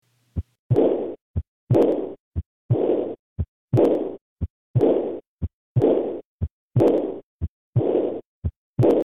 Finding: Heart murmur dog.